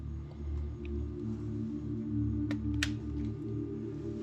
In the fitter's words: audible click the